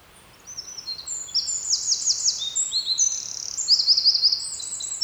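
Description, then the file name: Eurasian wren, energetic high-pitched song of tumbling notes, with a quick trill early on and another rattling trill toward the close. "Troglodytes troglodytes"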